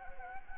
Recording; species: mosquito wingbeat signal from an infrared sensor; Anopheles gambiae